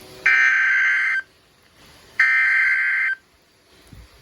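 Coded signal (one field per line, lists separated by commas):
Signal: Emergency Alert System (SAME) tones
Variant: header bursts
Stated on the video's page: Real tornado warning alerts.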